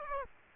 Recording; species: mosquito wingbeat signal from an infrared sensor; Aedes aegypti